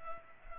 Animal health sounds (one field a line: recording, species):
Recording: mosquito wingbeat signal from an infrared sensor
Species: Culex pipiens